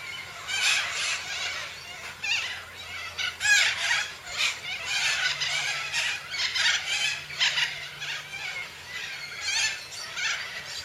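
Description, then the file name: Major Mitchell's cockatoo making grating squawks in a series, with a faint low hum in the background. "canto da cacatua inca"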